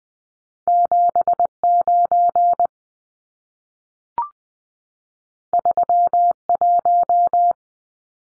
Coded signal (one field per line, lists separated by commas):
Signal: Morse code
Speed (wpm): 20 wpm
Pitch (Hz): 700 Hz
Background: none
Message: 79 31